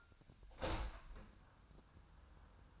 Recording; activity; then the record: daily activity, microphone in the room; open window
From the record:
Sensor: 2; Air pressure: 1004.5 hPa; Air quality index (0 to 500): 94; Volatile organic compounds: 2 ppm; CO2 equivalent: 1126 ppm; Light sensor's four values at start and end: 6/14/5/6 and 6/14/5/6